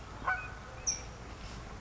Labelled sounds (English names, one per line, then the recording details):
California Towhee
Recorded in Sonoma County, California